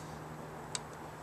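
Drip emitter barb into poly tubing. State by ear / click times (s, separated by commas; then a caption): seated / 0.8 s. The barbed end of a plastic drip emitter is pressed into a freshly punched hole in poly irrigation tubing. A single short, sharp pop is heard at 0.8 seconds over a steady low background hum. The emitter is seated and holds snug when pulled.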